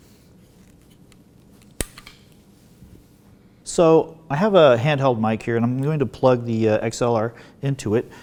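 Someone pushes up on the lock tab while pulling an XLR cable plug out of the audio input of a Canon XA11 camcorder, and the latch releases with a sharp click at 1.8 s, followed by a few faint handling taps. After a short quiet pause, someone talks.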